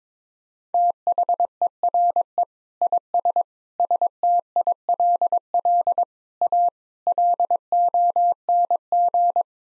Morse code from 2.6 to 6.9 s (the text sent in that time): IS STILL A